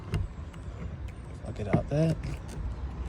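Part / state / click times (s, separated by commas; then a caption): van rear door into its hold-open catch / not seated / none. A campervan's rear door is swung fully open and pushed up toward the hold-open catch on the van's body, with brief knocks at about 0.1, 0.5, 1.1 and 1.7 seconds while someone talks. The door has not yet locked into its catch; nothing has seated or clicked by the end.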